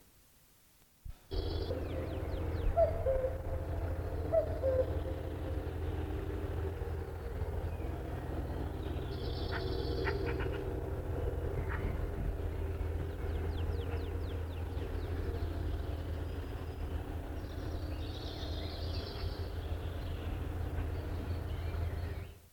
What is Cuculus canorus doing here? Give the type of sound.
call